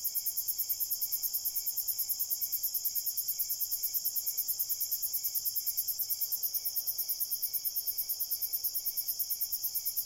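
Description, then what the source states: Many crickets chirping together, a quick steady pulsing trill above a continuous high-pitched drone. Crickets at night in a cornfield.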